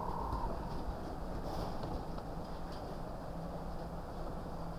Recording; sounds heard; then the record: poultry house recording; healthy chickens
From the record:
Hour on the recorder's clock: 22